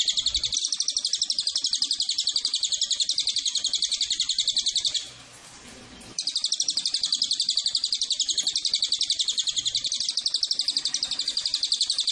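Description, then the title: Cililin call: a continuous high buzzy trill of quick repeated notes, with one short break midway before resuming just as steadily. Tutor track for training cage birds and lure to attract Cililin. "MASTERAN SUARA BURUNG CILILIN PANCINGAN CILILIN"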